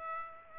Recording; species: mosquito wingbeat signal from an infrared sensor; Aedes aegypti